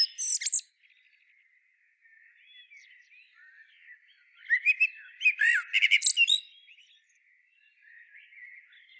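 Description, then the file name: Common blackbird with a short squeaky burst at the start, then, after quieter background twittering from other birds, a longer phrase of rapid, scratchy high notes. "Turdus merula"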